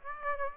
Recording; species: mosquito wingbeat signal from an infrared sensor; Aedes aegypti